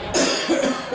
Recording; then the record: coughing mixed with background sound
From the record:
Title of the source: Residual Phlegmy Morning Coughing and Gagging